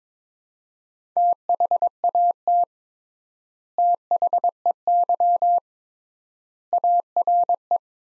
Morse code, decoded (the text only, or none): THAT THEY ARE